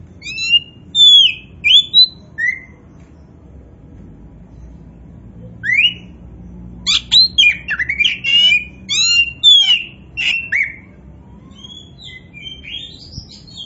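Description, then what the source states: Oriental magpie-robin song: varied whistled phrases, sweeping and slurred notes in two bursts separated by a pause of several seconds, with a low hum underneath. Indonesian name kacer poci; gacor, describing a bird that sings actively and persistently.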